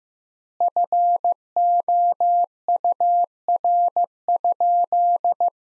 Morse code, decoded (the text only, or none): FOUR?